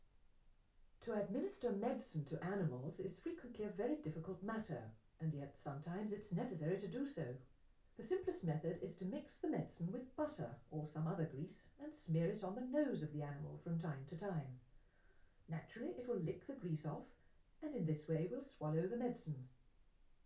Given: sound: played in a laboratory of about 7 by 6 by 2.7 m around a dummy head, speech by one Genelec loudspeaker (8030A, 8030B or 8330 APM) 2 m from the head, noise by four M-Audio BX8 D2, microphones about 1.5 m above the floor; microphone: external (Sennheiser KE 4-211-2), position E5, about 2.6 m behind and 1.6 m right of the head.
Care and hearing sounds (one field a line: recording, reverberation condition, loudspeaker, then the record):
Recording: female speech in English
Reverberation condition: low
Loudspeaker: 150 degrees to the left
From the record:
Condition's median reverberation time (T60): about 310 ms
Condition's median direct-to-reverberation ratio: about 3.5 dB